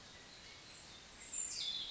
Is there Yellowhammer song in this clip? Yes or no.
no